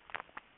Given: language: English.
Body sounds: throat vibration sensor signal played as sound; swallow

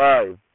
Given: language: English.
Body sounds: throat vibration sensor signal played as sound; speech

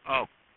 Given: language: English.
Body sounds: throat vibration sensor signal played as sound; speech

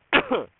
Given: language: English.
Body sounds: throat vibration sensor signal played as sound; cough

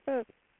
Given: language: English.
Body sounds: throat vibration sensor signal played as sound; speech

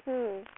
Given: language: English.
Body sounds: throat vibration sensor signal played as sound; speech

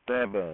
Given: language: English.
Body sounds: throat vibration sensor signal played as sound; speech

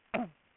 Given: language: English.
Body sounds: throat vibration sensor signal played as sound; cough

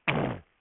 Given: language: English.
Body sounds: throat vibration sensor signal played as sound; throat clearing

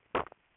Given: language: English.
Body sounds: throat vibration sensor signal played as sound; swallow

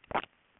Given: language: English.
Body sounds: throat vibration sensor signal played as sound; swallow

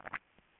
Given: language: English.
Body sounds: throat vibration sensor signal played as sound; swallow

